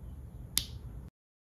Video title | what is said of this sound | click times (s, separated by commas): How to repair coil pack connectors on a Lexus GS 300 - Works for most Toyota or Lexus models | the wires are properly seated in the housing push the white locking tab down to secure the wires in place | 0.6 s